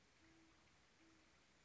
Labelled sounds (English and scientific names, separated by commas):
Great Horned Owl (Bubo virginianus)